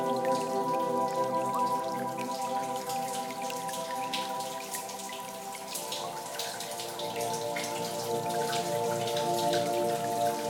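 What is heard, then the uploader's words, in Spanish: A soundscape built from water sounds: a steady bed of layered, ringing tones holds throughout, with scattered drop-like taps and splashes falling irregularly over the top. Around the middle the lower tones shift and thin out, while the bright dripping continues to the end. El Mar. Escuchen este paisaje sonoro realizado con sonidos acuáticos.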